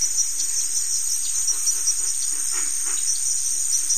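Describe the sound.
Cricket giving a continuous high, buzzy trill.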